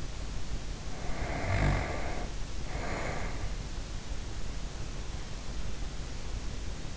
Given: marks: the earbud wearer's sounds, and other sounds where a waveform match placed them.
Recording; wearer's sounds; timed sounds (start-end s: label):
sounds in sleep by an in-ear microphone; snoring breath
0.91-3.87 s: snoring breath